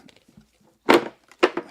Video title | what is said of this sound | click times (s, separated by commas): Friday July 28, 2023 | locks into place | 1.4 s